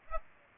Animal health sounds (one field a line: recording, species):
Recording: mosquito wingbeat signal from an infrared sensor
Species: Aedes aegypti